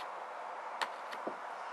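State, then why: Not seated. A plastic power mirror electrical connector for a replacement Kool Vue towing mirror is pushed firmly into the door wiring harness plug on a Cummins pickup door. Over a steady broadband hiss, two short sharp taps sound at about 0.8 s and 1.8 s, with a fainter tick near 1.3 s. The undamaged connector sits in place like the old one, but it has not clicked.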